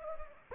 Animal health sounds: mosquito wingbeat signal from an infrared sensor; Anopheles gambiae

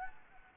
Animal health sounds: mosquito wingbeat signal from an infrared sensor; Anopheles gambiae

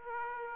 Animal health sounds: mosquito wingbeat signal from an infrared sensor; Aedes aegypti

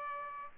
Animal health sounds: mosquito wingbeat signal from an infrared sensor; Aedes aegypti

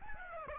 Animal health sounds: mosquito wingbeat signal from an infrared sensor; Aedes aegypti

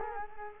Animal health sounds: mosquito wingbeat signal from an infrared sensor; Culex quinquefasciatus

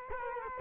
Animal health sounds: mosquito wingbeat signal from an infrared sensor; Culex quinquefasciatus

